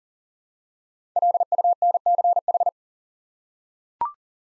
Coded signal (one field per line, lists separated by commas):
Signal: Morse code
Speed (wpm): 38 wpm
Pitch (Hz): 700 Hz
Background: none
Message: LUNCH